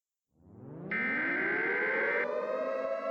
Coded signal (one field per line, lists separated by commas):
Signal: Emergency Alert System (SAME) tones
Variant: header bursts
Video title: *VALID TONES* Lake Michigan Tsunami (EAS Scenario)